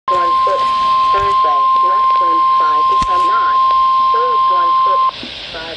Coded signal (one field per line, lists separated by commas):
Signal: Emergency Alert System (SAME) tones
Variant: 1050 Hz attention tone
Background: speech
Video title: Double-Header Flood Warning for 2 Locations on the Potomac River {EAS #1031-32} 10-29-12